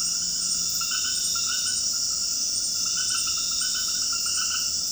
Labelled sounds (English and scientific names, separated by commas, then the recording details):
none
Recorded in dense forest near Puerto Asís, Putumayo, Colombia, on 21 February 2024 at 23:30
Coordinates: 0.481, -76.318
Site G6421